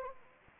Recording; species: mosquito wingbeat signal from an infrared sensor; Anopheles gambiae